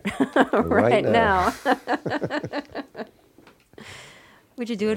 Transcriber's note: laughter